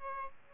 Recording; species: mosquito wingbeat signal from an infrared sensor; Aedes albopictus